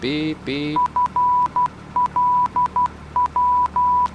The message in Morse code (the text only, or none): FLW